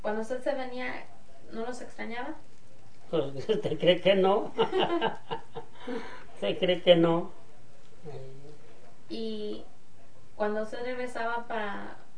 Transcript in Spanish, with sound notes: usted se venía, ¿no los extrañaba?
Pos, ¿usted cree que no? (risas) ¿Usted cree que no? Ey.
Y cuando usted regresaba pa…